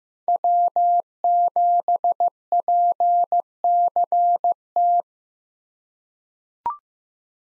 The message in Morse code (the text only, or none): W7PCT